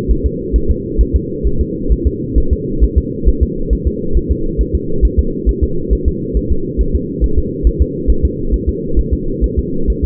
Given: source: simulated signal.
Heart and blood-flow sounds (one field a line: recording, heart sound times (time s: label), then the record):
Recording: fetal heart sounds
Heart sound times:
0.11 s: S1
0.26 s: S2
0.56 s: S1
0.71 s: S2
1.01 s: S1
1.16 s: S2
1.47 s: S1
1.61 s: S2
1.92 s: S1
2.07 s: S2
2.38 s: S1
2.53 s: S2
2.84 s: S1
2.98 s: S2
3.28 s: S1
3.43 s: S2
3.73 s: S1
3.87 s: S2
4.17 s: S1
4.31 s: S2
4.61 s: S1
4.75 s: S2
5.05 s: S1
5.19 s: S2
5.49 s: S1
5.64 s: S2
5.93 s: S1
6.08 s: S2
6.37 s: S1
6.52 s: S2
6.81 s: S1
6.95 s: S2
7.24 s: S1
7.39 s: S2
7.67 s: S1
7.82 s: S2
8.10 s: S1
8.25 s: S2
8.54 s: S1
8.69 s: S2
8.99 s: S1
9.14 s: S2
9.44 s: S1
9.59 s: S2
9.90 s: S1
10.05 s: S2
From the record:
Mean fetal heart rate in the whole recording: 135 bpm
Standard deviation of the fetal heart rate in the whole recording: 3 bpm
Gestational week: 34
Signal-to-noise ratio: -8.1 dB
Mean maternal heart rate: 72 bpm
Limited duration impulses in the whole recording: absent